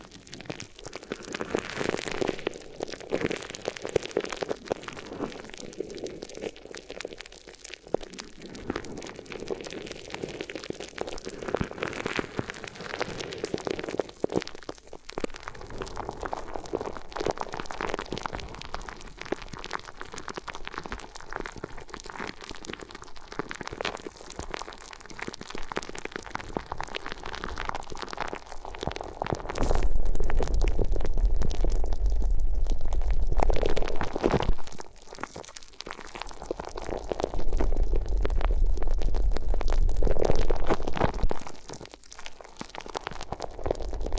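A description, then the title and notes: A crinkly ear massage: dense, continuous rustling and crackling that shifts in texture as the material is rubbed and squeezed. The first half stays fairly even, then louder, fuller stretches of crunching come in around 30 to 35 seconds and again near 37 to 42 seconds. ASMR Addictive Crinkly Ear Massage (No Talking).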